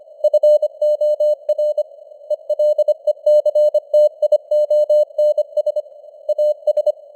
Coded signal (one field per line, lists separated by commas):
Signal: Morse code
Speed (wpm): 25 wpm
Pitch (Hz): 600 Hz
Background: none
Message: FOR ELECTIONS AS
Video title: Morse Code News | 2025-12-22 | 25wpm